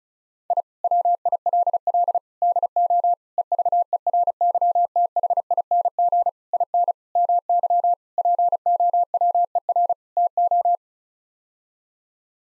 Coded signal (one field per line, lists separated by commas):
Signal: Morse code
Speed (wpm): 34 wpm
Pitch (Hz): 700 Hz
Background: none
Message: I WILL DO EVERYTHING IN MY POWER TO